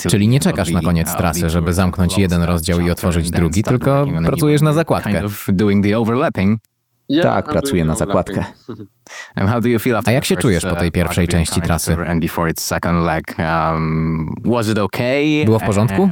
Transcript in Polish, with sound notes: Czyli nie czekasz na koniec trasy, żeby zamknąć jeden rozdział i otworzyć drugi, tylko pracujesz „na zakładkę”?
Tak, pracuję „na zakładkę”. (śmiech)
A jak się czujesz po tej pierwszej części trasy? Było w porządku?